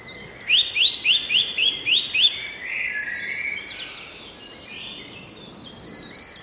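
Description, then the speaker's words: Eurasian nuthatch song, a run of several loud, rapid upslurred whistles, followed by softer twittering amid background hiss. Song; always loud; simply built but variable, each bird with several strophe types. "Hören wir doch mal in seinen Gesang rein, bevor Bernhard uns erklärt, was wir da eigentlich hören und wie man den Kleiber sicher bestimmen kann."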